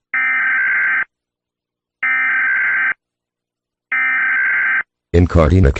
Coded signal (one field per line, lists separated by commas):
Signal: Emergency Alert System (SAME) tones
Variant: header bursts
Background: speech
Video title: Cartina county | EAS